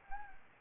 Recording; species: mosquito wingbeat signal from an infrared sensor; Anopheles gambiae